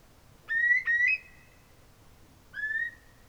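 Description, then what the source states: Eurasian curlew calling with rising whistled notes: a two-part whistle in quick succession, then a shorter upslurred whistle about two seconds later, against faint background hiss. At Lytchett Matravers, possibly on 7 March 2018.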